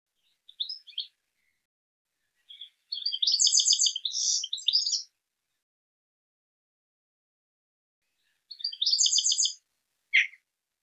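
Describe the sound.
Bird giving high, rapid chirping phrases: a few short notes near the start, a main burst from about two and a half to five seconds, another near nine seconds, ending with a sharp downslurred note; otherwise silent background.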